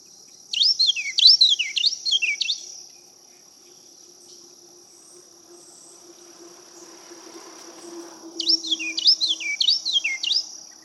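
Carolina wren song, two bursts of about five rich, downslurred whistled notes rolling quickly, separated by a pause, over a steady high insect drone.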